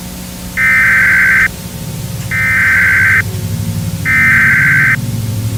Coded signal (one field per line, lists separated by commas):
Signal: Emergency Alert System (SAME) tones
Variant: header bursts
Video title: Eas Scenario/ Analog Horror Nightmare Street